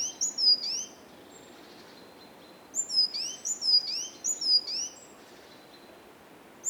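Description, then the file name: Great tit song of ringing, high doubled notes, a short bout first and a longer run of repeated phrases after a pause, with background hiss. "Parus major"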